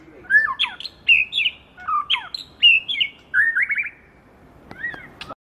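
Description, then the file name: White-rumped shama singing a series of rich whistled phrases, each a quick slurred sweep, delivered in short bursts with brief pauses, ending in a few sharp clicks. Medan murai variety. "suara murai medan"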